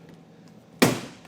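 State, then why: Seated. A hard TruXedo Sentry CT tonneau cover panel on a 2024 GMC Sierra 1500 is pushed forward to the end of the truck bed, and its clip snaps into the truck bed rail. One sharp, broadband click is heard at 0.8 seconds over a quiet background, with only faint ticks before and after. The clip is seated in place.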